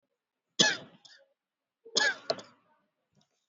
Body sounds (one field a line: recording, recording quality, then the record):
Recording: heavy voluntary cough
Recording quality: excellent, no background noise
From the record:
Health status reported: exposed to COVID-19, no respiratory illness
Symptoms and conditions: muscle pain, hypertension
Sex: female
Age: 61 years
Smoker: no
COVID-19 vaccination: one dose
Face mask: worn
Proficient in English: no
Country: India